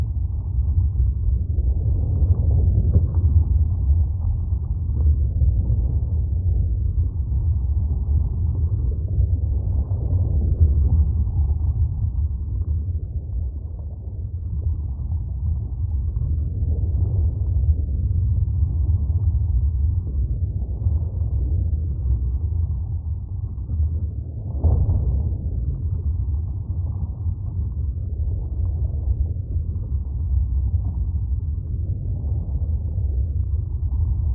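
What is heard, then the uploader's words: A deep underwater drone, dominated by a heavy, steady low rumble with almost nothing bright above it. Slow swells rise and fall in the muffled middle range every few seconds, like churning, and a brief sharper pulse stands out around twenty-five seconds. 8D Deep Underwater.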